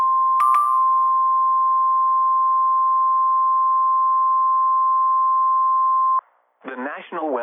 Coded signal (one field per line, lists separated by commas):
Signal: Emergency Alert System (SAME) tones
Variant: 1050 Hz attention tone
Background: speech